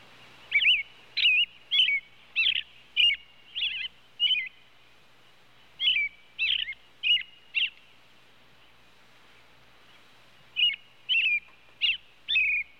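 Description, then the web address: Robin calling, short warbled chirps in three runs separated by pauses, roughly one or two notes per second. "bird robin robin calls animal"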